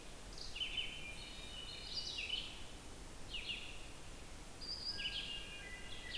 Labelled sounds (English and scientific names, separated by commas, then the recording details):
Red-eyed Vireo (Vireo olivaceus) song
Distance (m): 45 m
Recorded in boreal forest in Alberta, Canada, on 28 June 2016 at 07:12
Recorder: SongMeter 3, array SBT-6-79
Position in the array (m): 121 m, 191 m